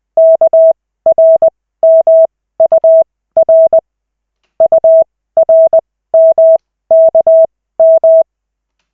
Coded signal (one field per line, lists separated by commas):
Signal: Morse code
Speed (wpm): 20 wpm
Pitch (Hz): 650 Hz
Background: none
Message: KRMUR URMKM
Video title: Koch 3/40, 14.12.2024, 2nd CW practice session